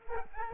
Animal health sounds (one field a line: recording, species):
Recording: mosquito wingbeat signal from an infrared sensor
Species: Aedes aegypti